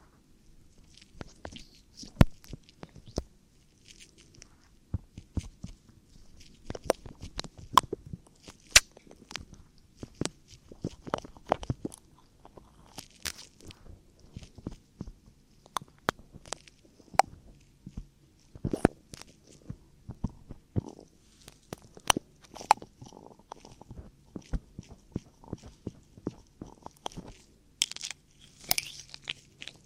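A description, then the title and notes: Dry ear-cleaning sounds: irregular crisp scratches, clicks and rustles come in dense bursts throughout, with a faint low murmur underneath. ASMR Ear Cleaning For The Strongest Tingles [ NO TALKING ].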